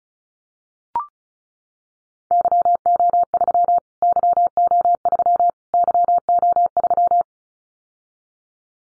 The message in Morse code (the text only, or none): YO3 YO3 YO3